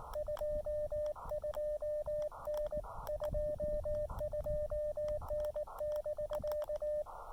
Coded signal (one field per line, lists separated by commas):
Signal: Morse code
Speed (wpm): 19 wpm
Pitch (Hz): 600 Hz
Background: radio noise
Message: 22N 22N <BK>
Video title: SOTA CW Activation of Rocky Face with the Elecraft KX2 and Chameleon MPAS 2.0 antenna